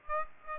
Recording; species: mosquito wingbeat signal from an infrared sensor; Aedes aegypti